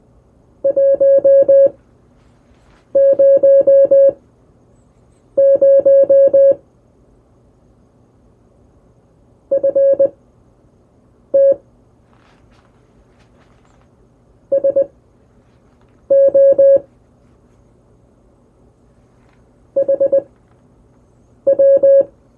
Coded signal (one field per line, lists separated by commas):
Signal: Morse code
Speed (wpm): 20 wpm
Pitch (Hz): 550 Hz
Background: music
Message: 100 FT SO HW